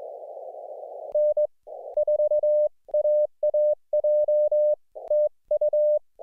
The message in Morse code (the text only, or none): N4AAJ TU